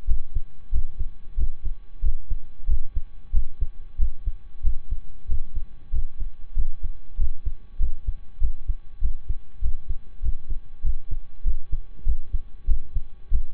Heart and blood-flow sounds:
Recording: heart sounds by stethoscope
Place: between the tricuspid and mitral areas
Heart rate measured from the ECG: 95 bpm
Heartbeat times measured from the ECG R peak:
0.04 s: heartbeat
0.69 s: heartbeat
1.34 s: heartbeat
1.99 s: heartbeat
2.65 s: heartbeat
3.30 s: heartbeat
3.96 s: heartbeat
4.60 s: heartbeat
5.25 s: heartbeat
5.89 s: heartbeat
6.53 s: heartbeat
7.15 s: heartbeat
7.77 s: heartbeat
8.37 s: heartbeat
8.98 s: heartbeat
9.59 s: heartbeat
10.19 s: heartbeat
10.80 s: heartbeat
11.41 s: heartbeat
12.03 s: heartbeat
12.64 s: heartbeat
13.28 s: heartbeat
From the record:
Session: slow and fast walking with breaks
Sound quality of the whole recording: saturated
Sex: male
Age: 25 years

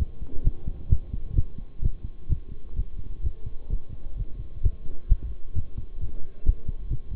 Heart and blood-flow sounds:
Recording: heart sounds by stethoscope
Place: between the tricuspid and mitral areas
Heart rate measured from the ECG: 130 bpm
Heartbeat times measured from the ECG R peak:
0.44 s: heartbeat
0.90 s: heartbeat
1.35 s: heartbeat
1.82 s: heartbeat
2.29 s: heartbeat
2.76 s: heartbeat
3.23 s: heartbeat
3.70 s: heartbeat
4.17 s: heartbeat
4.63 s: heartbeat
5.09 s: heartbeat
5.55 s: heartbeat
6.01 s: heartbeat
6.46 s: heartbeat
6.90 s: heartbeat
From the record:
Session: bicycle stress test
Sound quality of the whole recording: good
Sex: male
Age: 23 years

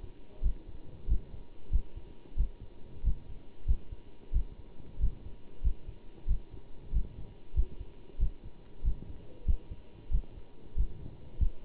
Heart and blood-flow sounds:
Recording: heart sounds by stethoscope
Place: between the tricuspid and mitral areas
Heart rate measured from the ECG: 93 bpm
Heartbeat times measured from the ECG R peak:
0.42 s: heartbeat
1.08 s: heartbeat
1.71 s: heartbeat
2.37 s: heartbeat
3.04 s: heartbeat
3.67 s: heartbeat
4.32 s: heartbeat
5.00 s: heartbeat
5.63 s: heartbeat
6.27 s: heartbeat
6.93 s: heartbeat
7.55 s: heartbeat
8.19 s: heartbeat
8.84 s: heartbeat
9.46 s: heartbeat
10.11 s: heartbeat
10.76 s: heartbeat
11.39 s: heartbeat
From the record:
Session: bicycle stress test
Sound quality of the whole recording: good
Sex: male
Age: 27 years

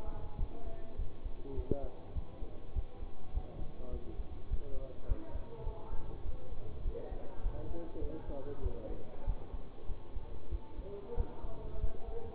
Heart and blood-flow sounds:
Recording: heart sounds by stethoscope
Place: between the tricuspid and mitral areas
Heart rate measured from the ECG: 100 bpm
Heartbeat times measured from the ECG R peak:
0.37 s: heartbeat
0.96 s: heartbeat
1.54 s: heartbeat
2.13 s: heartbeat
2.73 s: heartbeat
3.31 s: heartbeat
3.90 s: heartbeat
4.48 s: heartbeat
5.06 s: heartbeat
5.63 s: heartbeat
6.23 s: heartbeat
6.82 s: heartbeat
7.41 s: heartbeat
7.99 s: heartbeat
8.61 s: heartbeat
9.24 s: heartbeat
9.86 s: heartbeat
10.49 s: heartbeat
11.14 s: heartbeat
11.78 s: heartbeat
From the record:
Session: bicycle stress test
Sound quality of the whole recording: good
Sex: male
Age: 24 years

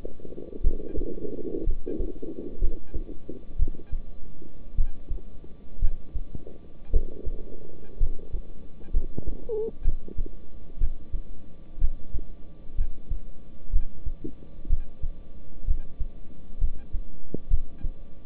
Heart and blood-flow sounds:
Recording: heart sounds by stethoscope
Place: between the tricuspid and mitral areas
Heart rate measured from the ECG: 60 bpm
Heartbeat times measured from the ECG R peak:
0.62 s: heartbeat
1.64 s: heartbeat
2.59 s: heartbeat
3.57 s: heartbeat
4.75 s: heartbeat
5.79 s: heartbeat
6.91 s: heartbeat
7.98 s: heartbeat
8.91 s: heartbeat
9.83 s: heartbeat
10.78 s: heartbeat
11.79 s: heartbeat
12.76 s: heartbeat
13.71 s: heartbeat
14.68 s: heartbeat
15.65 s: heartbeat
16.59 s: heartbeat
17.48 s: heartbeat
From the record:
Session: rest, lying down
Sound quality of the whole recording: good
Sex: male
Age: 26 years

